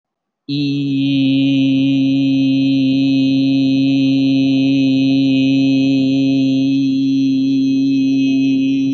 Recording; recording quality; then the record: sustained vowel as in beet; excellent, no background noise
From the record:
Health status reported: healthy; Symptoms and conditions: none ticked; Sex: male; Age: 26 years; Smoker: not ticked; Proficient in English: yes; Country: India